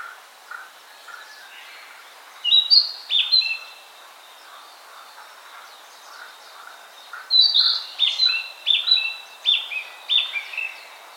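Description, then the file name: Narcissus flycatcher song in two bursts of high whistled, stepped phrases, with softer lower chirping notes. "Ficedula narcissina"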